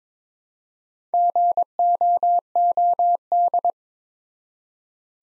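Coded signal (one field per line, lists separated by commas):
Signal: Morse code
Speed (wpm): 22 wpm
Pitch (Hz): 700 Hz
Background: none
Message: GOOD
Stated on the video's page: Morse practice sentences from the top 200 words at 22 wpm with 4x standard word spacing, a word-level analogue of Farnsworth spacing.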